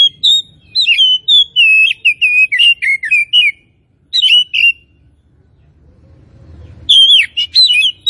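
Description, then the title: Oriental magpie-robin song: rapid bursts of loud, varied whistles and sharp chirps, falling and warbling phrases, a brief pause, a short burst, then a longer pause before resuming energetically. Singing vigorously (gacor); Tretes. "Kacer Tretes"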